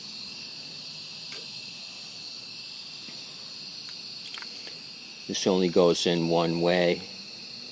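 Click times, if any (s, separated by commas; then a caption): none. A plastic carburetor part for a 2015 Yard Machines 550E small engine is turned and lined up by hand before being pushed into the carburetor body, since it only fits one way. A steady high hiss runs throughout, and someone talks briefly near the end. Nothing has seated or clicked yet.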